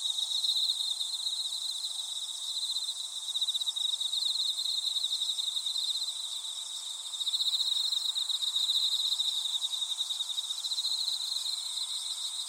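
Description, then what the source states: Insects calling in a steady chorus, a dense pulsing trill layered over a high continuous shrill buzz, with no break throughout. Insects calling in a grassy patch.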